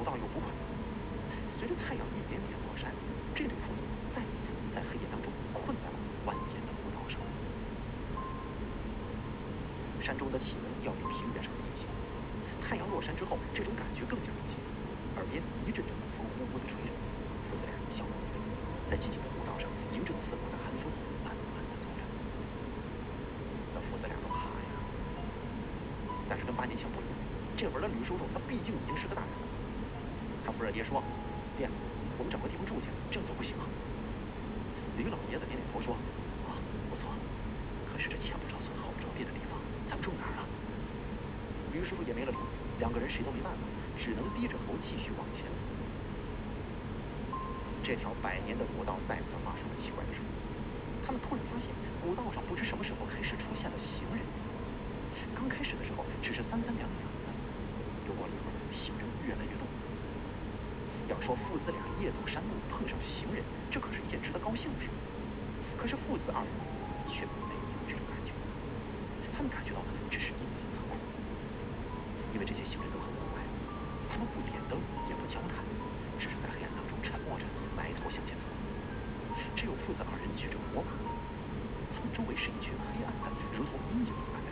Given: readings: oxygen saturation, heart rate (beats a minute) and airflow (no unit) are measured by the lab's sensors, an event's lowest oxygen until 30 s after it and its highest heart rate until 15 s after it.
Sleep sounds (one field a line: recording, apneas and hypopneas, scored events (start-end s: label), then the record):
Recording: a person awake in a sleep study, by a voice recorder at the bedside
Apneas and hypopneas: none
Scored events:
0.00-84.52 s: awake
From the record:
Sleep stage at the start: awake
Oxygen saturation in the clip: 94%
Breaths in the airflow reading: 29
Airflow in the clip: -1.3 to 2.1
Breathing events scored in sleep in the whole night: 335 in 6.7 hours asleep